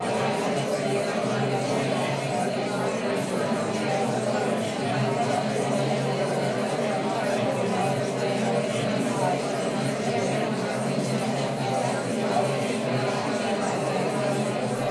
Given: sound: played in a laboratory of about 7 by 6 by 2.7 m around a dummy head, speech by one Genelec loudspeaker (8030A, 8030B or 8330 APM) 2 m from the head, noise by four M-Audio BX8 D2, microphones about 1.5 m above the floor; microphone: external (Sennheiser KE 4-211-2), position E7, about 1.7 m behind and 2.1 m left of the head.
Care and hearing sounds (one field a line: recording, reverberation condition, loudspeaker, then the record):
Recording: babble noise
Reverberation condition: medium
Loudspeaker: four, about 170 cm from the corners of the room and facing them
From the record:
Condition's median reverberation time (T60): about 510 ms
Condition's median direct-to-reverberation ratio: about -0.5 dB